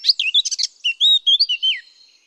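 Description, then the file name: Eurasian blackcap song phrase: a quick scratchy chatter that turns into clear, rich fluted whistles, rising and falling over about two seconds. "Sylvia atricapilla"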